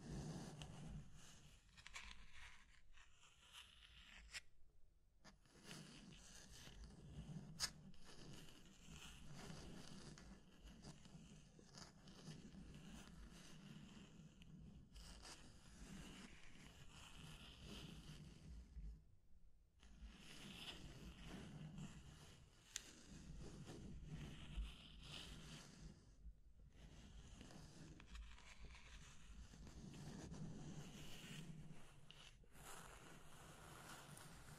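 Scratching and tracing sounds run almost without pause, a dense rasping texture with a soft low rumble beneath and brighter scraping strokes on top. Brief silences break it near 5, 19 and 26 seconds, and a few sharper ticks stand out around 8 and 23 seconds.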